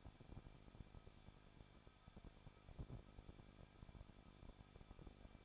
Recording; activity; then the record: daily activity, microphone in the room; no activity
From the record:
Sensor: 5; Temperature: 20.9 degrees Celsius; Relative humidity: 38.2%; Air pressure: 1006.5 hPa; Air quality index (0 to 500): 187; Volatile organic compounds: 18 ppm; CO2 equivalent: 2621 ppm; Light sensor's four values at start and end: 2/3/1/1 and 2/3/1/1